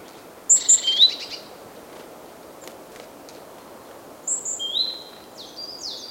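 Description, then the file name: Great tit calls, short high chirping notes in two bursts, one near the start and a longer run toward the end, with quiet hiss between. "Parus major"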